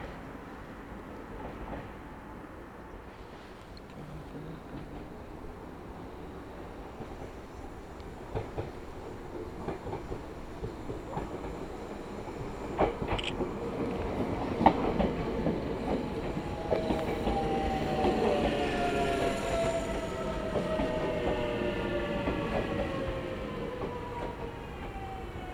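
A Meitetsu Toyota Line train rumbles along steadily, growing louder midway, with scattered clicks, brief knocks, and rising and falling motor whine.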